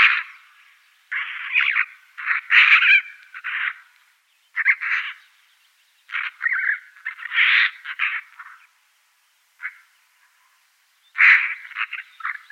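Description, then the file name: Eurasian magpie giving harsh, rasping chatter calls in short clustered bursts, several rapid rattling series separated by brief pauses, with no other clear sounds. "Elster Pica pica"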